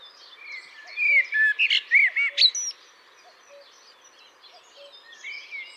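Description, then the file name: Common blackbird delivering one rich warbled phrase with a sharp high flourish, while a low soft note repeats steadily underneath and faint chirps follow. "Turdus merula"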